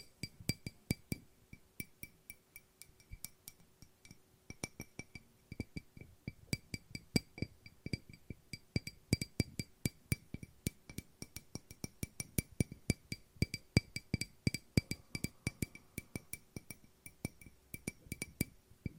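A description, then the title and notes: Glass is tapped in rapid, uneven clinks throughout, each strike bright and sharp with a short ring, sometimes clustered into quick bursts. ASMR No Talking Glass Tapping and Ringing Sounds.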